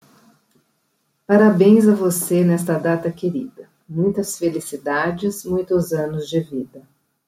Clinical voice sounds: short text; Brazilian Portuguese; female; 50 to 59 years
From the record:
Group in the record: control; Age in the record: 57 years

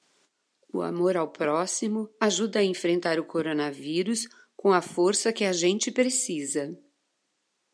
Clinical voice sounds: spoken sentence; Brazilian Portuguese; female; 60 to 69 years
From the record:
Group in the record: control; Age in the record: 61 years

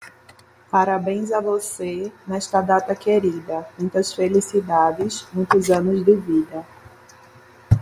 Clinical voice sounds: short text; Brazilian Portuguese; female; 30 to 39 years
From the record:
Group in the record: control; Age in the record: 31 years

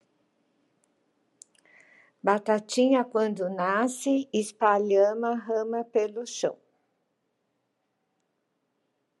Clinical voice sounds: short text; Brazilian Portuguese; female; 60 to 69 years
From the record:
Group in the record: control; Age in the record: 65 years

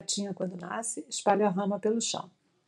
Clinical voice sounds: short text; Brazilian Portuguese; female; 60 to 69 years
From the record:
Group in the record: control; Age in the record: 64 years

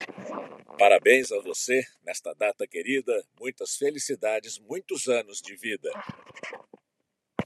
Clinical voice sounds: short text; Brazilian Portuguese; male; 60 to 69 years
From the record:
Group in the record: control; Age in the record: 66 years

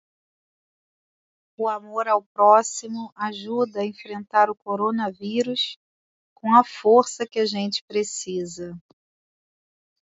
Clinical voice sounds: spoken sentence; Brazilian Portuguese; female; 30 to 39 years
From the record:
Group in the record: control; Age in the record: 39 years

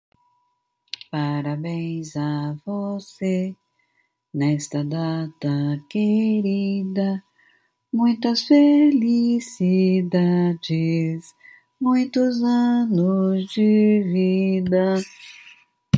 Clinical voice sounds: short text; Brazilian Portuguese; female; 70 to 79 years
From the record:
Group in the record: control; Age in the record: 72 years

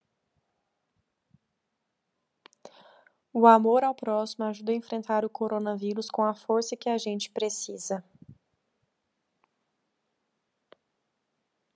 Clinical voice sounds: spoken sentence; Brazilian Portuguese; female; 30 to 39 years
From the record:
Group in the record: control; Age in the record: 31 years

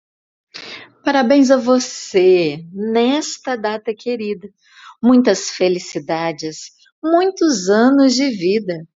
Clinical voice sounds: short text; Brazilian Portuguese; female; 40 to 49 years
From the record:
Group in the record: control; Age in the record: 49 years

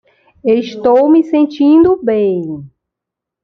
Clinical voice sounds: short text; Brazilian Portuguese; female; 50 to 59 years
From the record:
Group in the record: control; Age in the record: 53 years

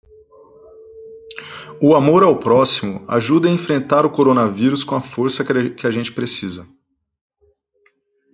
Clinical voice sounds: spoken sentence; Brazilian Portuguese; male; 30 to 39 years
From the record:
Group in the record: control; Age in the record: 38 years

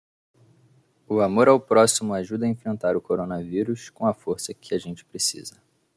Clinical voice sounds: spoken sentence; Brazilian Portuguese; male; 20 to 29 years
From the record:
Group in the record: control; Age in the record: 24 years

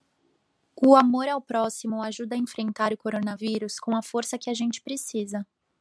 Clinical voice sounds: spoken sentence; Brazilian Portuguese; female; 20 to 29 years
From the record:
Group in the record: control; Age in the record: 25 years

